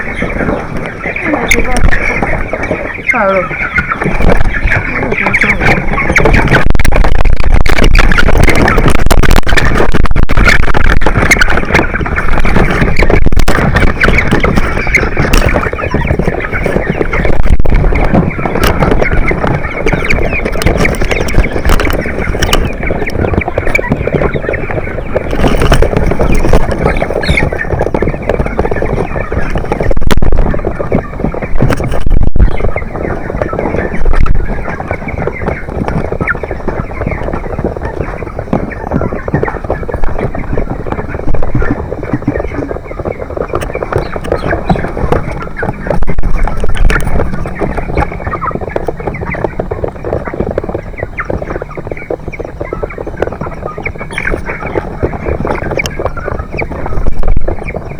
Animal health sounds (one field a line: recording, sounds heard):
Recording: poultry house recording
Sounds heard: background noise or bird activity such as feeding and pecking